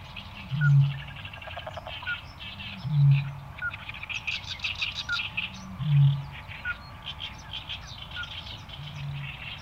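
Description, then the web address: Eurasian bittern giving deep resonant booms, four low pulses spaced a few seconds apart, with scratchy songbird chatter and short high chirps around them. "botaurus stellaris"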